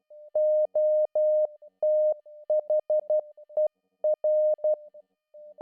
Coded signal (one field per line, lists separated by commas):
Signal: Morse code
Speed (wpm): 12 wpm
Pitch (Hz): 610 Hz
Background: music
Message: OTHER